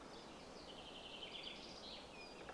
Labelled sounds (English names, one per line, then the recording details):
Common Chaffinch
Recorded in Germany
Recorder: ecoPi